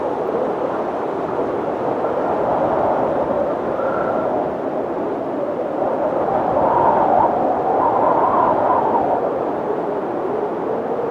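A winter windstorm roars steadily through the mountains, a dense, rushing noise centered in the low-middle range. The blast swells slightly between about six and nine seconds, with a brighter whistling edge, and a brief thin tone appears near four seconds.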